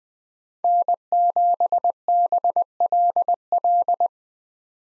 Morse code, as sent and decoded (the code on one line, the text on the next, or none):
-. --... -... .-.. .-..
N7BLL